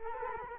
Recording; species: mosquito wingbeat signal from an infrared sensor; Culex quinquefasciatus